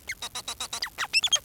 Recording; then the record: song of a male Bengalese finch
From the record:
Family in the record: son of father 4